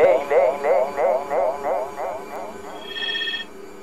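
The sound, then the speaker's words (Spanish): Warbling electronic telephone rings in a studio repeat in quick pulses that gradually fade away, followed by a short, higher-pitched electronic trill near the end. “Ey, suenan teléfonos en el estudio.”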